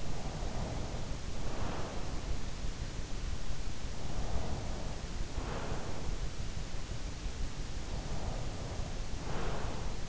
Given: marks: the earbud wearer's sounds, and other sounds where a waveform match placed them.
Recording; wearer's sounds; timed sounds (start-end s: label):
sounds in sleep by an in-ear microphone; breath
0.00-2.43 s: breath
3.78-6.29 s: breath
8.04-10.09 s: breath